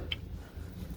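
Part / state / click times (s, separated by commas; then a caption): click-type torque wrench on engine oil drain plug / torque reached / 0.1 s. A click-type torque wrench set to 30 lb-ft re-checks the engine oil drain plug on a 2009-2014 Acura TSX. A single sharp click is heard at 0.1 s over a low background rumble, confirming the plug is torqued.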